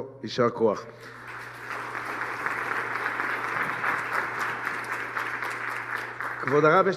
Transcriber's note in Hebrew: הקהל מוחא כפים